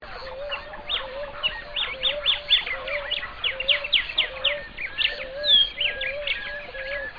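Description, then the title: Bird song: rapid, dense bright chirps and trills, with a low wavering whistle repeating underneath. "LuckyPassaro Completos2Sama"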